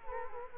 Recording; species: mosquito wingbeat signal from an infrared sensor; Culex quinquefasciatus